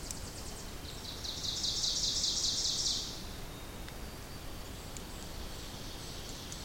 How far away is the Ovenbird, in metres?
about 45 m